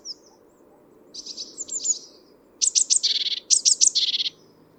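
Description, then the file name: Great tit chattering calls, two bursts of rapid, harsh, buzzy notes, the second louder and longer. "Parus major"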